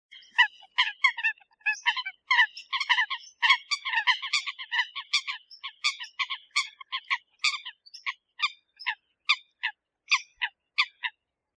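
Eurasian coot calling, a quick run of short, sharp, nasal notes, crowded together at first, then thinning to evenly spaced single calls.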